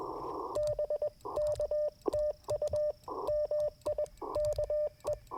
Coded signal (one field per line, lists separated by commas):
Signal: Morse code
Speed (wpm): 21 wpm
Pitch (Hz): 600 Hz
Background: radio noise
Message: BK TU MIKE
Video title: Morning Morse Code - 11/11/2024